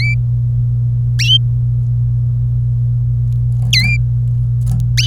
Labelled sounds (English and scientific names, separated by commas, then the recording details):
Domestic Canary (Serinus canaria) song
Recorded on 26 April 2018 at 07:11
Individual llb3